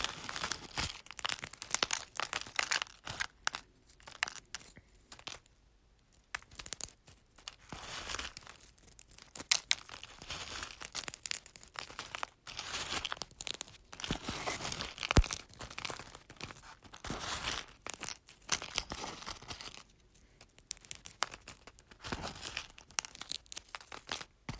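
Eggs being crunched, giving a dense run of crisp, brittle crackling and snapping that is bright and sharp-edged. The crunching is nearly continuous and uneven in pace, with brief pauses around 5, 9 and 20 seconds before it picks up again.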